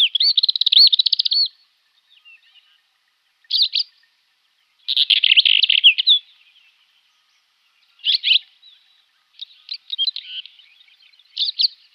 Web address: Schulze Peter Black-eared Wheatear song